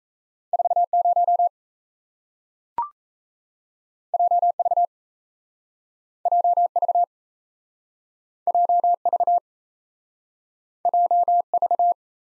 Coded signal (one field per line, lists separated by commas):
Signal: Morse code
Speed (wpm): 38 wpm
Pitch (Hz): 700 Hz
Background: none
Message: 40 JV JV JV JV